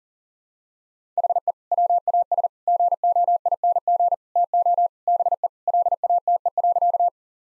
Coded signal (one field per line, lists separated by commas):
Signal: Morse code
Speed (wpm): 40 wpm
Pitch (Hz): 700 Hz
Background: none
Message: HE WAS GOING TO BE LATE.